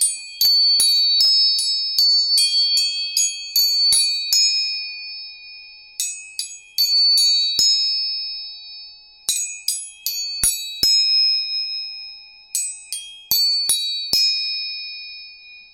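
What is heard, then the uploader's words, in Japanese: Tuning forks are struck again and again, each tap a sharp metallic click that leaves a bright, high ringing tone hanging in the air. The strikes come in quick clusters with short pauses between groups, against an otherwise silent background. 音叉チューニング。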